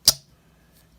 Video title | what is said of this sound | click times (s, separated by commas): Case Corncob Jigged Barlow | that one's nice and tight hear that snap yeah | 0.1 s